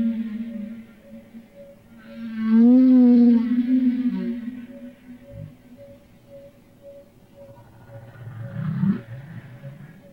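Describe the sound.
Humpback whale song: a long, wavering, mid-pitched moan that swells then fades, followed by a low rising groan, over a steady ticking pulse.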